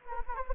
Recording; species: mosquito wingbeat signal from an infrared sensor; Anopheles gambiae